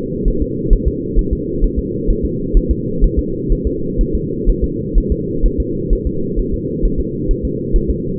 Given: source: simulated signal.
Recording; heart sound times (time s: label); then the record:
fetal heart sounds
0.28 s: S1
0.42 s: S2
0.73 s: S1
0.88 s: S2
1.19 s: S1
1.33 s: S2
1.64 s: S1
1.79 s: S2
2.10 s: S1
2.25 s: S2
2.57 s: S1
2.71 s: S2
3.04 s: S1
3.19 s: S2
3.52 s: S1
3.67 s: S2
4.01 s: S1
4.15 s: S2
4.49 s: S1
4.64 s: S2
4.98 s: S1
5.12 s: S2
5.46 s: S1
5.60 s: S2
5.93 s: S1
6.07 s: S2
6.39 s: S1
6.54 s: S2
6.85 s: S1
7.00 s: S2
7.31 s: S1
7.45 s: S2
7.76 s: S1
7.90 s: S2
From the record:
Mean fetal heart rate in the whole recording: 130 bpm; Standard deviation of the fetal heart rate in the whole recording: 4 bpm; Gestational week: 38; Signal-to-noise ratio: -6.6 dB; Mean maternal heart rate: 72 bpm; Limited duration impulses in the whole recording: present